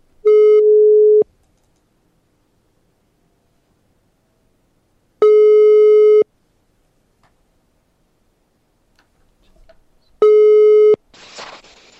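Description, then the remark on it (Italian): Three steady, mid-pitched telephone ringing tones as a call is placed to a mother, each about a second long and spaced several seconds apart with silence between, followed by a short burst of hiss as the line picks up. “andiamo a chiamare una nostra super compagna, che è anche mamma, e vediamo qual è la sua esperienza, cosa ci racconta.”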